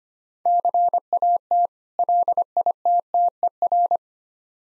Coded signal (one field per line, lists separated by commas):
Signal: Morse code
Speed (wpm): 25 wpm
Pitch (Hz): 700 Hz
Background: none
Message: CAT LITTER